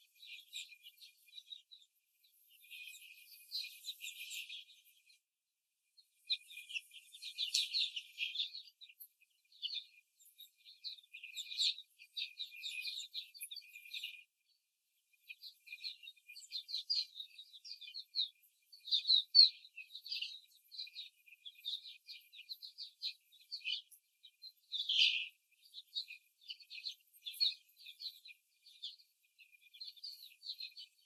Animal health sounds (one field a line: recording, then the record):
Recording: young laying hens in a cage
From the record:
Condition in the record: before the stressor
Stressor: simulated dog barking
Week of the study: 3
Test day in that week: 2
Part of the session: 1